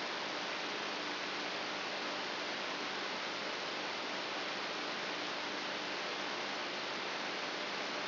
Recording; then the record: brain microelectrode recording played as sound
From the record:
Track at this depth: inside the subthalamic nucleus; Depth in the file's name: 6.016 mm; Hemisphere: left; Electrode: 3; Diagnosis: Parkinson's disease